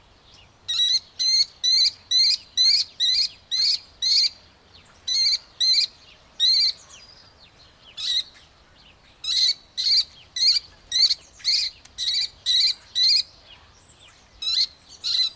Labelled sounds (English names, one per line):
Mauritius Kestrel call